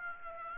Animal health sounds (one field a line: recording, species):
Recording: mosquito wingbeat signal from an infrared sensor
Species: Aedes aegypti